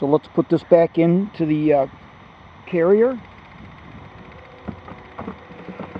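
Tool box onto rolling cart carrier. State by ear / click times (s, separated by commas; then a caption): not seated / none. Someone talks while handling a plastic 22" XL tool box to set it back onto the carrier of a RIDGID #254065 GEN 2 Pro Gear System 25" All Terrain Rolling Tool Cart. After the talking, faint handling noise continues with two short, light taps near 4.7 s and 5.2 s. The box has not seated or snapped in yet.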